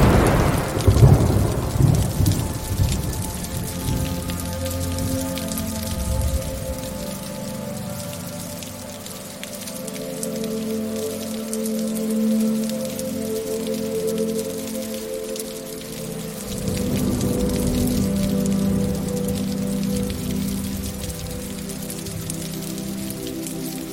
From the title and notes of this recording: The soothing sounds of rain. The gentle pitter-patter of raindrops creates a peaceful and ambient atmosphere.